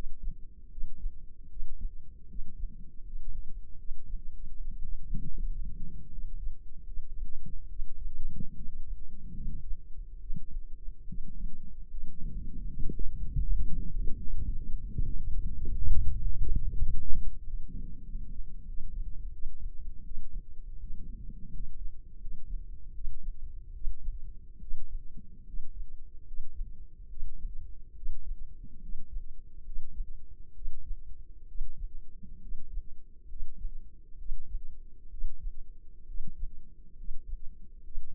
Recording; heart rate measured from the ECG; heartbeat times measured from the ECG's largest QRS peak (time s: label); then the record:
heart sounds by microphone in the left ear; 76 bpm
0.68 s: heartbeat
1.46 s: heartbeat
2.25 s: heartbeat
3.01 s: heartbeat
3.75 s: heartbeat
4.54 s: heartbeat
5.34 s: heartbeat
6.08 s: heartbeat
6.84 s: heartbeat
7.66 s: heartbeat
8.52 s: heartbeat
9.32 s: heartbeat
10.17 s: heartbeat
11.05 s: heartbeat
11.87 s: heartbeat
12.64 s: heartbeat
13.41 s: heartbeat
14.18 s: heartbeat
14.87 s: heartbeat
15.51 s: heartbeat
16.17 s: heartbeat
16.81 s: heartbeat
17.43 s: heartbeat
18.03 s: heartbeat
18.64 s: heartbeat
19.29 s: heartbeat
20.01 s: heartbeat
20.77 s: heartbeat
21.49 s: heartbeat
22.17 s: heartbeat
22.91 s: heartbeat
23.71 s: heartbeat
24.58 s: heartbeat
25.43 s: heartbeat
26.23 s: heartbeat
27.07 s: heartbeat
27.92 s: heartbeat
28.78 s: heartbeat
29.62 s: heartbeat
30.52 s: heartbeat
31.45 s: heartbeat
32.38 s: heartbeat
33.26 s: heartbeat
34.15 s: heartbeat
35.07 s: heartbeat
36.04 s: heartbeat
36.94 s: heartbeat
37.81 s: heartbeat
From the record:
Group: healthy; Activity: rest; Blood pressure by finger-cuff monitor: 119/70 mmHg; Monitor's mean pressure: 81 mmHg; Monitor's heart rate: 73 bpm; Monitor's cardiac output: 5.2 L/min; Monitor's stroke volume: 71 mL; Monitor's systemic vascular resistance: 1120 dyn s/cm5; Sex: male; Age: 20 years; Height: 167 cm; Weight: 61 kg